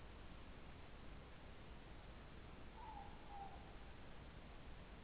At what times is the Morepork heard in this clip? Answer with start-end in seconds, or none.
2.63-3.64